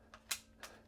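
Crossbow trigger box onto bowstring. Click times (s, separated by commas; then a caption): 0.3 s. A crossbow's trigger box, part of its cocking system, is lowered along the rail until it latches onto the bowstring. A faint tick comes first, then a sharp, bright click at 0.3 s as it seats, followed by a softer clack at about 0.6 s. The trigger box is confirmed latched onto the string.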